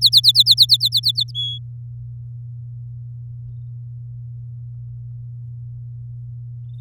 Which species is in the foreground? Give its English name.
Domestic Canary